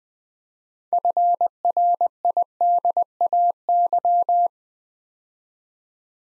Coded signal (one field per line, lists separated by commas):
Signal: Morse code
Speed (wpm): 20 wpm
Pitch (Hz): 700 Hz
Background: none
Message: FRIDAY